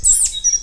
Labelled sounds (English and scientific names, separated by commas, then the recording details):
Stitchbird (Notiomystis cincta) song
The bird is a male
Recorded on Tiritiri Matangi Island, New Zealand, in 2005
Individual 17, of nest box 25